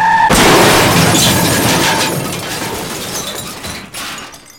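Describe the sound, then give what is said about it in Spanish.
A car swerves to avoid another car, fails to brake and crashes into a boulevard wall with a sudden loud impact, followed by a long, harsh wash of crunching metal and shattering glass that slowly fades over several seconds. “Y Rafi Méndez lo pudo esquivar, pero no pudo frenar y chocó contra el bulevar.”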